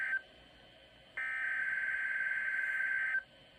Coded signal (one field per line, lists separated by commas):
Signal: Emergency Alert System (SAME) tones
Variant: header bursts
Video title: 5/10/2021 - Severe Thunderstorm Watch & Warnings. (EAS #1-3)